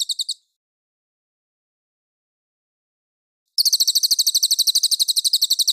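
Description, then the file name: Mangrove whistler song: the end of one trill, about three seconds of silence, then a fast, dry trill of high, even notes running to the end. Clear call. "suara burung cililin jernih"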